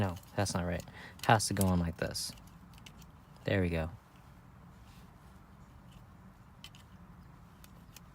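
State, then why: Not seated. Someone talks while lining up the plastic door courtesy-light housing on a 2014 Toyota Camry against its opening in the door trim panel, followed by quiet handling taps and small ticks. Nothing has seated or clicked into place yet.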